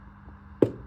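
A pen is pushed into the slot at the front of a Sefam S Box CPAP machine's humidifier tank, releasing its plastic clip; a pen is used rather than pulling because the unit is new. A faint steady low hum runs throughout, broken by one sharp, short click at 0.6 s that rings off briefly. The clip releases and the humidifier comes off.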